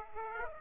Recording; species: mosquito wingbeat signal from an infrared sensor; Aedes aegypti